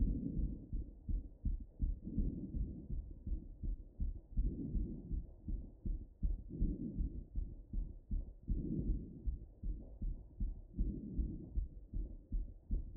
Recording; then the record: heart sounds by stethoscope after running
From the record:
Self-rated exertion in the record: moderate exertion (3 of 6); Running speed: 7 mph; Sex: female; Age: 20 years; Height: 160 cm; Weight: 56 kg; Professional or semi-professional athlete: no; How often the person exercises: 3 to 5 times a week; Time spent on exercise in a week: 3 to 4 hours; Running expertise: yes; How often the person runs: 1 to 2 times a week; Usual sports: running, swimming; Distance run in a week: 15 km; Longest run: 20 km